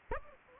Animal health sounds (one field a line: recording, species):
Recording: mosquito wingbeat signal from an infrared sensor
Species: Anopheles gambiae